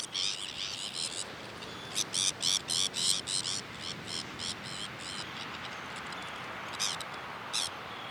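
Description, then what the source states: Sabine's gull calling in a rapid run of scratchy, grating notes through the first half, then a few scattered rasps over constant background hiss. Recorded on Jan Mayen on 14 July 2024.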